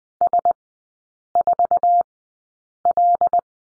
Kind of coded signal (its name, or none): Morse code